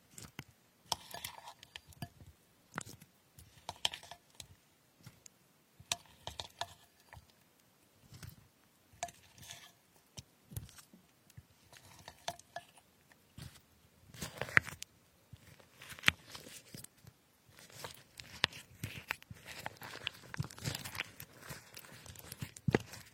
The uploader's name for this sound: cutting fruits like strawberries